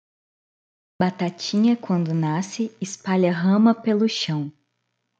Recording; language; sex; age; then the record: short text; Brazilian Portuguese; female; 20 to 29 years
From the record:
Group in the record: control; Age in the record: 27 years